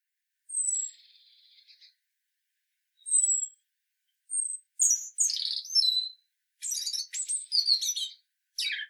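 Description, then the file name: European robin: a high whistle sliding down into a wavering note, then a run of very high, tinkling phrases that grow busier and more jumbled toward the end. "Erithacus rubecula"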